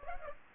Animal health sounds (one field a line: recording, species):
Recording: mosquito wingbeat signal from an infrared sensor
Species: Aedes aegypti